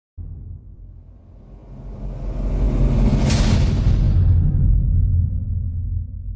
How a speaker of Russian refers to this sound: В коридоре запахло озоном, и где-то вдалеке громыхнули приглушенные раскаты грома, и все братья по очереди исчезли в едва различимом глазом мутном мареве телепортов.